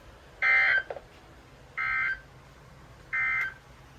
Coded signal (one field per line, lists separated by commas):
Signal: Emergency Alert System (SAME) tones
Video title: Minor Outburst (EAS 293-297)